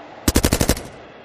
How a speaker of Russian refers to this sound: Затем вторая автоматная очередь буквально срезала его пополам.